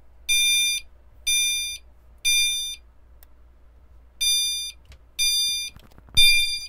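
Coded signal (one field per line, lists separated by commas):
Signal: alarm pattern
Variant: temporal three, high tone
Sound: bright buzzy beeps, three half-second tones, a pause, then three again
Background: small room, a thump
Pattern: temporal three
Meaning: Temporal-3 pattern is the standard signal to evacuate the building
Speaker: we're going to skip straight to five which is good old temporal three High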